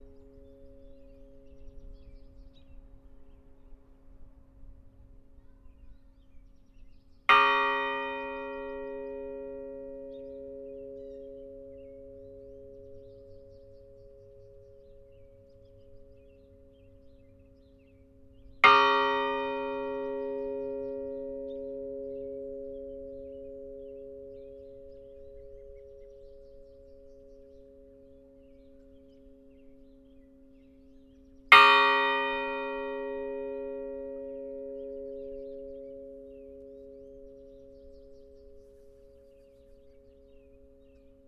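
A bell in a park is struck three times, at about 7, 18 and 31 seconds, each strike a bright clang that settles into a long, steady humming ring slowly fading over several seconds. Between strikes, a faint low rumble of outdoor background noise remains.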